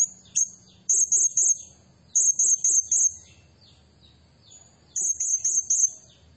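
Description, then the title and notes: Blue-crowned hanging parrot singing thin, piercing notes in quick groups of three or four, the groups repeated with pauses between them. Lure recording for training and attracting birds; energetic 'nembak gacor' singing style meant to excite other birds. "Burung Serindit Nembak Gacor Bikin Emosi Semua Burung. Suara Nasteran Dan Pemikat Burung Serinditan Gacor"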